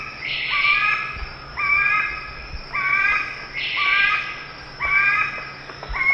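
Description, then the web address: Ivory-billed aracari calls: harsh, nasal, layered notes repeated about once a second, with a steady faint hum behind. Calls; eastern lowlands of South America. "Natures Songs S America Eastern Lowlands Pteroglossus azara, calls"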